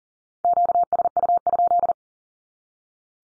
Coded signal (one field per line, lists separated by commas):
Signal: Morse code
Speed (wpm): 40 wpm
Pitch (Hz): 700 Hz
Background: none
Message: QSU?